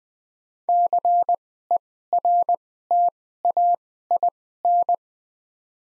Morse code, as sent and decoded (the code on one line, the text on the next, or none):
-.-. . .-. - .- .. -.
CERTAIN